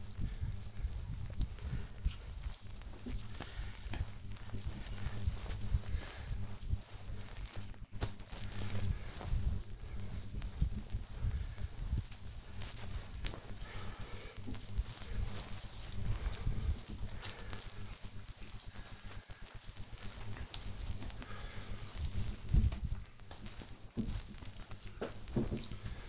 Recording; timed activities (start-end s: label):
household activities, microphone on the right wrist
0.00-26.09 s: cleaning table
19.93 s: note: no water